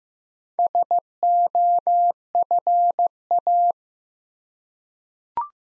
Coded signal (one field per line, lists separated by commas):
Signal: Morse code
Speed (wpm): 15 wpm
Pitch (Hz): 700 Hz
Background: none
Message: SOFA